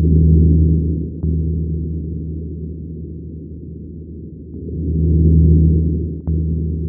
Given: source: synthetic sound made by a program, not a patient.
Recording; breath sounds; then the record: synthetic breath sounds; coarse crackles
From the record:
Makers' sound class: crackles